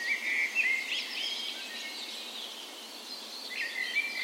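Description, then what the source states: Bird dawn chorus: birds singing together, a short whistled phrase, then a wash of overlapping high chirps, and another whistle near the end. Dawn chorus in a park west in Bergen, Norway, on the morning of 17 May, Norway's National Day, in spring; recorded with Sony PCM A10 and LOM Usi microphones as tree ears.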